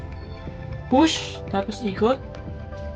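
An antenna connector is handled at the antenna port of a mobile radio, being pushed on and twisted for its push-and-twist lock, while someone talks over quiet background music. Nothing has seated or clicked yet; the clip ends just before the connector goes home.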